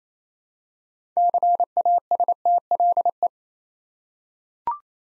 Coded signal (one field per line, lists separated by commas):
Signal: Morse code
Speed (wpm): 28 wpm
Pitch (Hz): 700 Hz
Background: none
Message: CASTLE